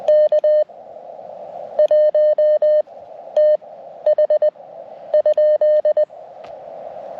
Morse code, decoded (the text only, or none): K1TH ?